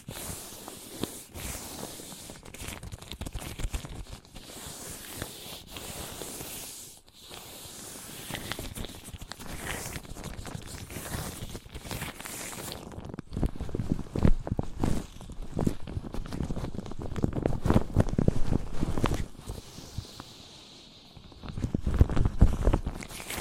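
Objects of wood, cork, sponge, foam, glass and plastic are handled and knocked together. The first half is a dense, bright rustling with scattered taps; after about thirteen seconds the hiss drops away and firm, irregular knocks take over, with a loud cluster near the end.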